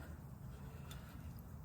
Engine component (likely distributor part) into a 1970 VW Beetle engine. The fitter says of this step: until this clicks in place like that.